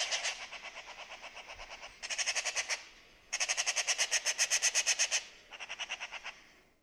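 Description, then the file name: Eurasian magpie chatter: harsh, rattling bursts of rapid dry notes in four runs separated by short pauses. "Pica pica"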